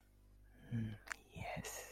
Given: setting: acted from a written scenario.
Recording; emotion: vocal sound without words; romantic love